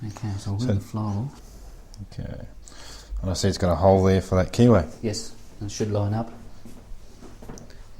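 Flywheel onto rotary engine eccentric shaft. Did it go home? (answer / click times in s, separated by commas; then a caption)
no / none. A flywheel's keyway hole is lined up with the key on the taper of a 13B rotary engine's eccentric shaft before it is slid straight on. Someone talks throughout, and two brief sharp sounds come near the end at about 7.6 and 7.7 seconds. Nothing has seated or clicked yet.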